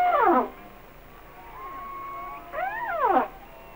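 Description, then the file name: Humpback whale song: quick descending harmonic cries at the start and end, bridged by thin, steady, whistled tones. "Sounds of Nature - Humpback Whales"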